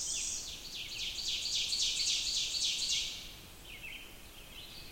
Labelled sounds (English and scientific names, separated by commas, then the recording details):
Ovenbird (Seiurus aurocapilla) song
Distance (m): 20 m
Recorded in boreal forest in Alberta, Canada, on 20 June 2016 at 06:14
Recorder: SongMeter 3, array SBT-6-81
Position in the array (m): 76 m, 101 m
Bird 23